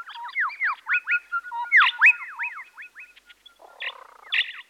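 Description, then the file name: Bird calls in a fast, uneven string of slurred chirps and twangs, with a few harsh, rasping bursts toward the end. "Busy Birds"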